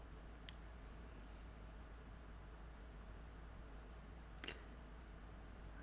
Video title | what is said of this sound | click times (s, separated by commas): How to Fix BMW 2009- Convertible top - Is coming out. | That click is not all the way in. | 4.4 s